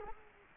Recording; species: mosquito wingbeat signal from an infrared sensor; Culex quinquefasciatus